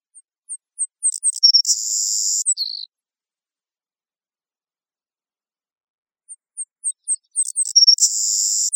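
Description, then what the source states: Savannah sparrow song: a few thin, high introductory ticks speeding up, then a loud buzzy trill ending in a lower buzz, given twice about six seconds apart, the second cut off before its lower ending. Recorded in Costa Rica.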